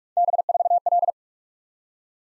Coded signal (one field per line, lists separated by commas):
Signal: Morse code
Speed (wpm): 44 wpm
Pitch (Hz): 700 Hz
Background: none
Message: B4L